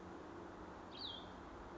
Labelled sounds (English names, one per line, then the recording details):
Cassin's Vireo
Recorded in Sonoma County, California